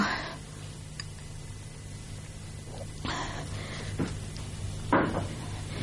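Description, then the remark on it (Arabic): A window is pulled shut: a scraping shift, then a couple of sharp wooden knocks about a second apart as it latches, over a steady low hum with no talking. “أظن من المستحسن أن أغلق النافذة قليلا، هذا الضوء القوي يتعبك.”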